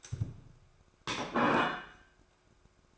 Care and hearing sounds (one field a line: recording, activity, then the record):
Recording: daily activity, microphone in the room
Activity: place plate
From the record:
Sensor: 2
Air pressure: 1004.2 hPa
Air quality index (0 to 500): 189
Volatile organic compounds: 11 ppm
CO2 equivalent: 2270 ppm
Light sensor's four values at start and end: 4/9/3/3 and 4/9/3/3